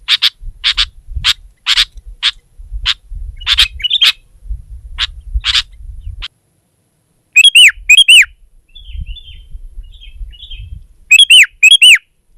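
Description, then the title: Sooty-headed bulbul: a run of sharp chirps, then after a pause two short bursts of bubbly whistled phrases, with a faint low rumble. "kutilang"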